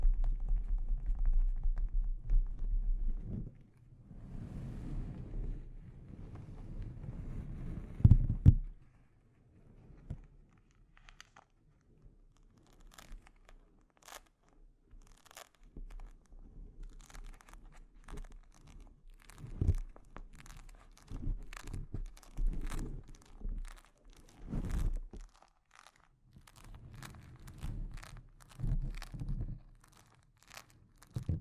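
Delicate scratching and tapping on a microphone: dense low rubbing for the first ten seconds, then scattered sharp taps and brief scrapes.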